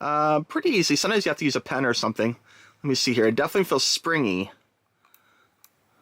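A microSD memory card is pushed into the spring-loaded card slot of a Cappsu portable audio player while someone talks. After the talking stops, faint handling ticks are heard, and the card latches into the slot with a small, sharp click at 5.6 s, seated.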